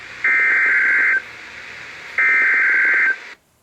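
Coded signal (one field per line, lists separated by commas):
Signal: Emergency Alert System (SAME) tones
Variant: header bursts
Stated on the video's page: Coastal flood warnings now sent with SAME tones over NOAA weather radio stations run by NWS Upton, instead of 1050 Hz tone only.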